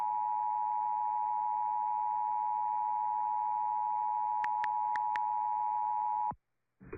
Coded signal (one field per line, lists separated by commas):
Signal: Emergency Alert System (SAME) tones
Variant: 853 and 960 Hz attention tone